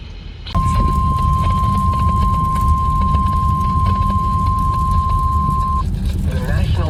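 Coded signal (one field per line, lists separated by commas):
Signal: Emergency Alert System (SAME) tones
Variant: 1050 Hz attention tone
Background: speech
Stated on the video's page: Poor-quality EAS alert captures made away from home.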